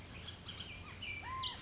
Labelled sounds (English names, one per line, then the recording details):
Bullock's Oriole
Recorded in Sonoma County, California